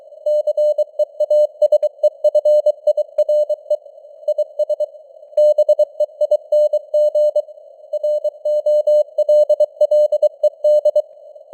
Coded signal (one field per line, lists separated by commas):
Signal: Morse code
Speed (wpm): 23 wpm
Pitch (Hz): 600 Hz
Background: none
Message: CEASEFIRE IS BEING ROLLED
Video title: Morse Code News | 2026-01-05 | 23wpm